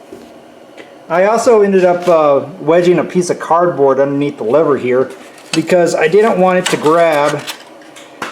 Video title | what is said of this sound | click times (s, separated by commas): Episode 68. Large seat on a tiny tractor. Mitsubishi Satoh Buck. | I think we can get rid of that down and there goes that locks into place now | 8.2 s